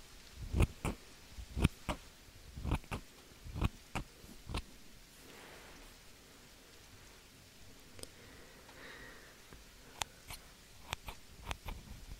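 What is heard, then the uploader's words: Scissors snip in quick, sharp, crisp clicks, bunched in pairs through the first five seconds. After a quiet pause with only faint hiss, scattered single snips return from about eight seconds to the end. ASMR relaxing Scissors Sounds - Rain, no talking.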